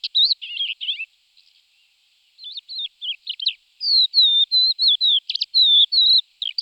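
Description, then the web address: Crested lark song of quick varied warbles and slurred whistled notes, a brief pause, then more varied notes and a clearer series of repeated whistles. "All the bird songs of Britain and Europe - Jean-Claude Roche. Galerida cristata"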